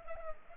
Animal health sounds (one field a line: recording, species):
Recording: mosquito wingbeat signal from an infrared sensor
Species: Culex pipiens